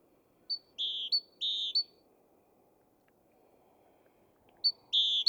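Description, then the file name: Great tit calls: two rapid high-then-low whistled pairs, then a long quiet gap before another pair starts at the close. "Parus major"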